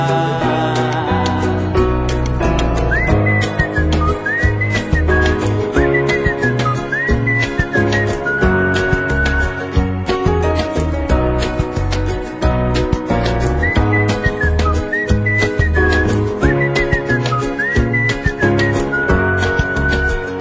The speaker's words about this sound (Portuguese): E quem diria que esta alegria me pusesse logo, logo a assobiar.